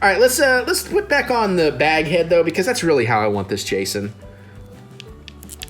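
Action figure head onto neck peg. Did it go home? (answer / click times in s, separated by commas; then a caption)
yes / 5.6 s. Someone talks over music while pushing the plastic bag-head back onto the neck peg of a NECA Friday the 13th Part 2 Ultimate Jason Voorhees 7-inch action figure. After the talking stops, a few small, sharp ticks follow, and the loudest, at 5.6 s, is the head clicking into place and seating on the neck joint.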